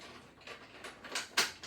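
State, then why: Seated. A matching aluminum arm piece is pushed into its mount on the other side of a floor stand. A few faint knocks and scrapes lead up to a sharp, bright click at 1.4 s, and it clicks into place, seated. Someone talks.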